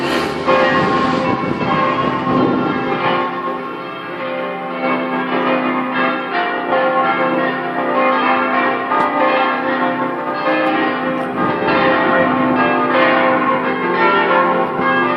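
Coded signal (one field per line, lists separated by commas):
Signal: bell signal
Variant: plenum, six swinging bells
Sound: several church bells swinging together in a continuous, overlapping full peal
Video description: -h. 10:30: segnale orario della mezza sulla 3^ Mi3 e Plenum solenne pasquale mezz' ora prima della messa delle 11:00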